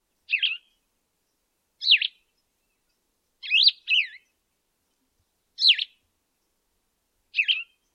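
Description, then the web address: Plumbeous vireo singing short, burry warbled phrases, each under half a second, mostly spaced by pauses of about one to two seconds, six phrases over a quiet background. "Thumbs Plus Zoo Field Guide Repository Sounds"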